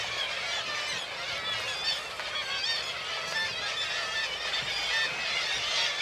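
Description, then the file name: Gulls in a noisy crowd, constant overlapping squeals and laughing cries, slightly busier toward the end, with no pause throughout. Large group of gulls at a marina. "birds seagulls large group marina water lapping"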